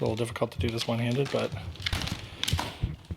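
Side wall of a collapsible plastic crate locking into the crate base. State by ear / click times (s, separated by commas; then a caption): seated / 2.4 s, 2.5 s. Someone talks while standing up the plastic side walls of a collapsible, fold-flat storage crate one-handed. Sharp plastic clicks at 2.4 s and 2.5 s are the side wall locking upright into the crate base.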